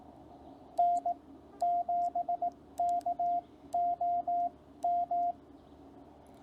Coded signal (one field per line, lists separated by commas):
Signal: Morse code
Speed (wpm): 18 wpm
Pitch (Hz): 700 Hz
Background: radio noise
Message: N7KOM